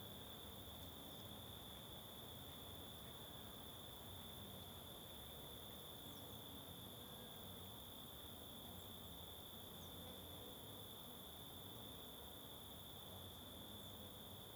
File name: Ambiencia em Bosque na Trilha da Cachoeira Simao Correa com Moscas e Grilo Constante